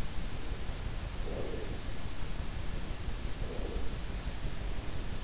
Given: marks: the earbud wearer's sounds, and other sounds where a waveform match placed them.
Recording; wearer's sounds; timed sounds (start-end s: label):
sounds in sleep by an in-ear microphone; breath
0.94-2.20 s: breath
3.11-4.20 s: breath